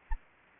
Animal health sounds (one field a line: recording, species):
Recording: mosquito wingbeat signal from an infrared sensor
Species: Anopheles gambiae